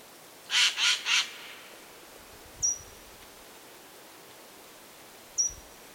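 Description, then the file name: Eurasian jay, three harsh rasping screeches in quick succession, followed by two short, thin, high notes spaced a few seconds apart. Recorded in Turkey. "notskrikaturkiet"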